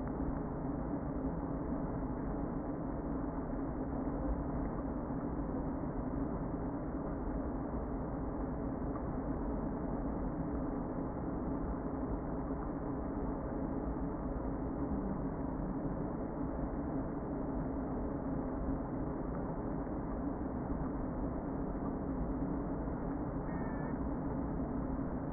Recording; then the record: honeybee colony, microphone inside the hive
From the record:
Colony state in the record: queen present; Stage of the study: before two queens were removed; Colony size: about 60,000 bees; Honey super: yes